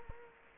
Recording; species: mosquito wingbeat signal from an infrared sensor; Culex quinquefasciatus